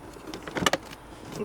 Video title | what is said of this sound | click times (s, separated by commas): 2019 HONDA PILOT Cabin Air Filter Change | Okay. So, we got that click sound. | 0.7 s